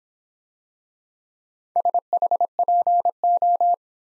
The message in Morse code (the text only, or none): SHPO